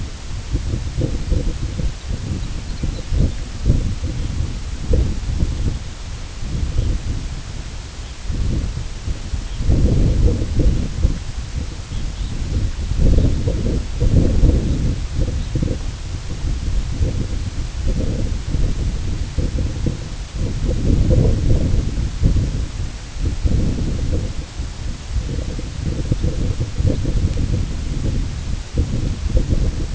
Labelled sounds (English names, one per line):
unidentified sound
Red Phalarope